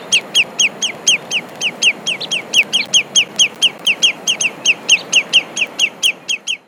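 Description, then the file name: Bird calling in a rapid, steady series of short, bright, slightly down-slurred notes over a soft background hiss. "SABIOD 50 bird 2015"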